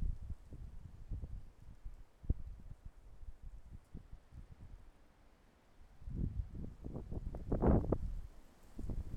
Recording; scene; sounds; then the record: everyday scene through a hearing-aid microphone; wind on the microphone; wind, traffic, birds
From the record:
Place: suburban garden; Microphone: behind the ear, left, front